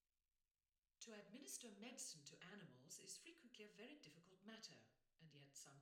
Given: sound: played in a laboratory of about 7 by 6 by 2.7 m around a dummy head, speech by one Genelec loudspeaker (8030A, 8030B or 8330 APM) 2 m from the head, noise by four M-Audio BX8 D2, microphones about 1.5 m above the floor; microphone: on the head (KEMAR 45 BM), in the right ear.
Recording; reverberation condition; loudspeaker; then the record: female speech in English; medium; 30 degrees to the right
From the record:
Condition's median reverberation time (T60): about 510 ms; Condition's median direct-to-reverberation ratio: about -0.5 dB